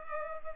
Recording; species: mosquito wingbeat signal from an infrared sensor; Culex pipiens